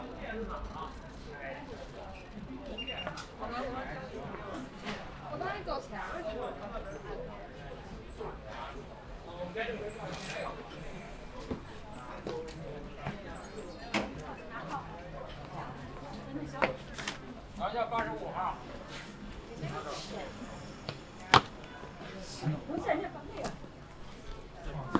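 A trip to eat noodles in a hutong: a steady, busy murmur of overlapping voices runs throughout. Sharp clicks, taps and clatter, possibly chopping, break through every few seconds, with a louder knock around 21 seconds.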